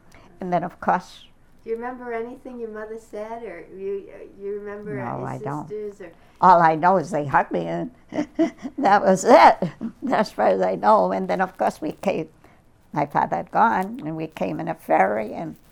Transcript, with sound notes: And then, of course—
Do you remember anything your mother said, or, do you remember your sisters or—
No, I don't. All I know is they hugged me (laughs) and that was it as far as I know. And then, of course, we came—my father had gone and we came in a ferry and